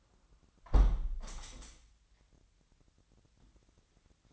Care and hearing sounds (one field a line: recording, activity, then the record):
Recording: daily activity, microphone in the room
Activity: close window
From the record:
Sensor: 3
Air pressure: 998.0 hPa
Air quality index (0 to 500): 131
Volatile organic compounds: 4 ppm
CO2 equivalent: 1561 ppm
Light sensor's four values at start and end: 14/42/17/15 and 14/42/17/16